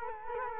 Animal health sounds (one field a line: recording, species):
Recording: mosquito wingbeat signal from an infrared sensor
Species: Culex quinquefasciatus